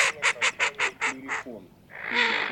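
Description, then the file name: Eurasian wigeon calls: a series of seven short rhythmic notes, then a few lower grunting notes and a longer call. Recording made for an electronic decoy caller. "Свиязь Fischione"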